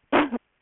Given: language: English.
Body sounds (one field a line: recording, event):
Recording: throat vibration sensor signal played as sound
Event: cough